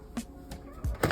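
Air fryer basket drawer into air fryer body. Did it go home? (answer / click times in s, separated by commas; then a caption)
yes / 1.0 s. A hot air fryer basket drawer, loaded with food, is pushed back into the air fryer body. A few soft knocks come first, then a sharp click at 1.0 s as the drawer latches home, seated. No one talks.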